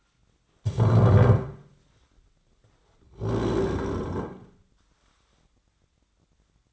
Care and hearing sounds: daily activity, microphone in the room; stand up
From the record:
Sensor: 3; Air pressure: 1009.2 hPa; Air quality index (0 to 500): 182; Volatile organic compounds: 3 ppm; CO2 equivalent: 1468 ppm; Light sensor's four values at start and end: 46/119/52/52 and 38/98/44/44

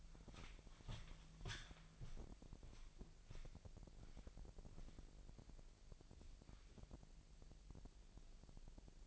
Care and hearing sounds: daily activity, microphone in the room; walk to room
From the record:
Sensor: 5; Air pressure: 1002.1 hPa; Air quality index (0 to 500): 249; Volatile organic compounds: 7 ppm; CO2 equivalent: 2017 ppm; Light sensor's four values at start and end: 33/77/32/33 and 33/79/32/34

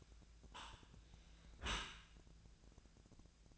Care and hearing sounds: daily activity, microphone in the room; close dishwasher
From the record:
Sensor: 2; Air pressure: 1000.3 hPa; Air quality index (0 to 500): 164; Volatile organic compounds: 3 ppm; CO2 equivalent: 1362 ppm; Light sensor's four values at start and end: 13/34/13/15 and 13/34/13/15

